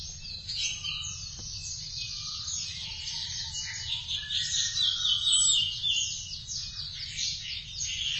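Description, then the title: Thrush song, a rapid high warbling stream with some lower whistled notes mixed in, over a constant low hum. "burung anis x"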